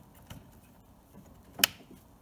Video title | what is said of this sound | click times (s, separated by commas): Peugeot 1.4 HDI Fuel Filter Change | There's the click. | 1.6 s